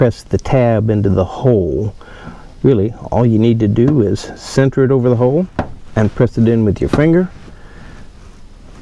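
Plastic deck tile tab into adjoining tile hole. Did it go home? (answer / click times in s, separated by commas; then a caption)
no / none. A plastic interlocking deck tile tab is centered over the hole in the neighboring tile while someone talks, with a few soft handling knocks between the words. The tab has not yet been pressed in with a finger, so nothing has snapped or seated into place yet.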